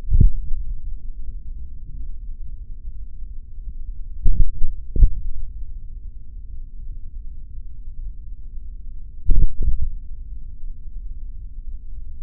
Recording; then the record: forearm muscle sounds (acoustic myography)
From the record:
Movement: tripod grip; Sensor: system 3, bracelet of six PUI Audio POM-2738L microphones around the upper forearm, with dedicated amplification and filtering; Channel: 4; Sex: male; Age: 26 years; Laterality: right